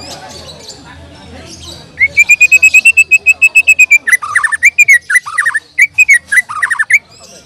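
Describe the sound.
Bird song: after a quiet start, a fast train of steady whistled notes repeated rapidly, then varied swooping whistles and chirps in quick bursts.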